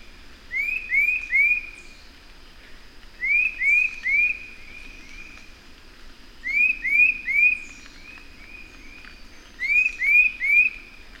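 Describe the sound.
Bird song: short, rising whistled notes delivered in quick bursts of several, with a new burst roughly every three seconds and faint high chirps above.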